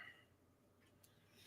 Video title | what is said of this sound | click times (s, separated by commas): Toys Collecting Unboxing™ S02E01 w' Big Stu | There's you push a little bit further and it locks in place. | 1.0 s